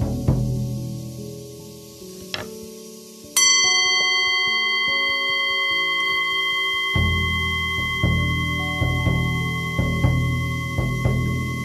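A buffalo drum, Tibetan singing bowl and dragon ring bells play together. Low drum beats thud through the opening seconds, then a bright ringing bell strike near three seconds sustains across the rest while soft drum hits return steadily from about seven seconds.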